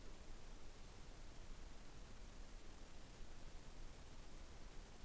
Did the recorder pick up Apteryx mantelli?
no